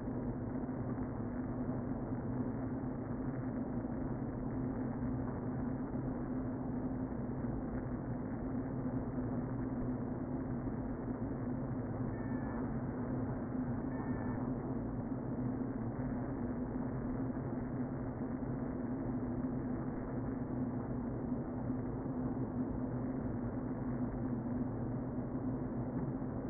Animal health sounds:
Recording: honeybee colony, microphone inside the hive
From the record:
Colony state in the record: queen present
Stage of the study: before two queens were removed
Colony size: about 60,000 bees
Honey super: yes

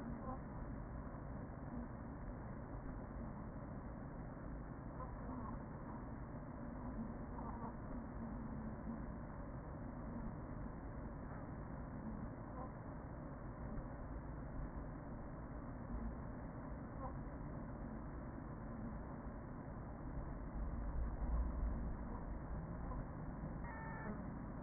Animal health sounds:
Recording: honeybee colony, microphone inside the hive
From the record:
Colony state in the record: queen present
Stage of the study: after two queens were removed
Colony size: about 40,000 bees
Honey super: no

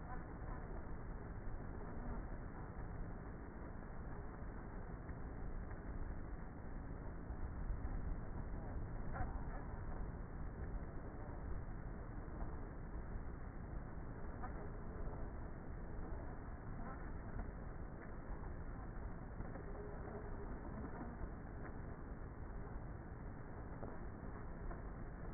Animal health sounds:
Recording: honeybee colony, microphone inside the hive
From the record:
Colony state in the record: queenless with a low population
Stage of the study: before two queens were removed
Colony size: about 30,000 bees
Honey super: no

